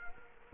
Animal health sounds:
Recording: mosquito wingbeat signal from an infrared sensor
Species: Culex quinquefasciatus

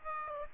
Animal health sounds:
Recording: mosquito wingbeat signal from an infrared sensor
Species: Aedes aegypti

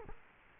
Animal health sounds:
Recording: mosquito wingbeat signal from an infrared sensor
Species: Culex quinquefasciatus

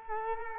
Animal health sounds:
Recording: mosquito wingbeat signal from an infrared sensor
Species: Culex quinquefasciatus

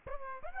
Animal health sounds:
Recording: mosquito wingbeat signal from an infrared sensor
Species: Aedes aegypti

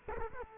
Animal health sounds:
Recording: mosquito wingbeat signal from an infrared sensor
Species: Culex quinquefasciatus

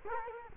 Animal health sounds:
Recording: mosquito wingbeat signal from an infrared sensor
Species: Culex quinquefasciatus

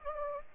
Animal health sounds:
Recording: mosquito wingbeat signal from an infrared sensor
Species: Anopheles gambiae

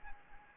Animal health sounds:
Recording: mosquito wingbeat signal from an infrared sensor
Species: Anopheles arabiensis

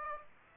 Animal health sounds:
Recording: mosquito wingbeat signal from an infrared sensor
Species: Aedes aegypti

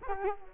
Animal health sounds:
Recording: mosquito wingbeat signal from an infrared sensor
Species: Culex quinquefasciatus

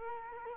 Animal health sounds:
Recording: mosquito wingbeat signal from an infrared sensor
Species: Culex quinquefasciatus

